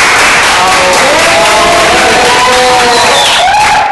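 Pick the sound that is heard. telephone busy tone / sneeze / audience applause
audience applause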